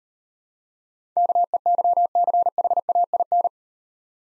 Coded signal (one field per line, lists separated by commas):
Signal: Morse code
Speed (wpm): 40 wpm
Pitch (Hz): 700 Hz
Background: none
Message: KEYCHAIN